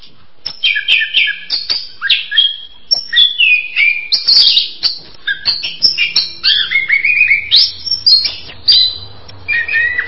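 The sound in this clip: Bird singing a steady stream of sharp chirps and warbled notes in short bursts, each phrase separated by brief pauses, with faint low hum beneath.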